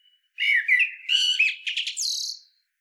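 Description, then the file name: Common blackbird song phrase, mellow fluted warbling that breaks into a high, thin squeaky flourish at the end. "Turdus merula"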